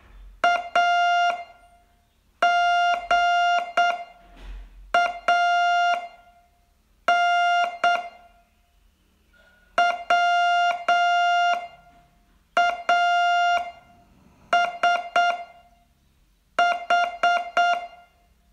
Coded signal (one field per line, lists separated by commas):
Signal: Morse code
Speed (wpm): 8 wpm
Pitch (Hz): 700 Hz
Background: music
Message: AGAN WASH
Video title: Learn Morse in 42 Days from VU2LAU - day22 Test